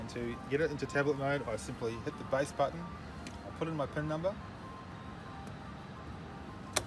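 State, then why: Released. Someone talks while a PIN is entered on the docking base of an HP Engage Go handheld point-of-sale tablet. At 6.8 s the base latch lets go with a single sharp click, releasing the tablet from its docking base.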